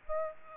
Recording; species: mosquito wingbeat signal from an infrared sensor; Aedes aegypti